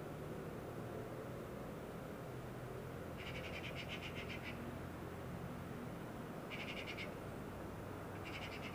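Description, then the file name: Eurasian magpie producing three separated rattling chatters, the first longest, over a prominent low rumbling background. "Pica pica"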